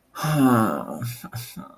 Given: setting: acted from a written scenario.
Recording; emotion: vocal sound without words; sadness